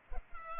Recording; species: mosquito wingbeat signal from an infrared sensor; Culex pipiens